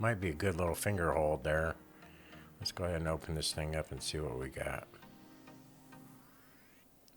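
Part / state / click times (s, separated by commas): plastic kickstand hinge on a phone case / seated / 7.1 s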